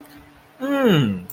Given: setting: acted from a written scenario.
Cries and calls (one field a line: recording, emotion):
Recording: vocal sound without words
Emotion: interest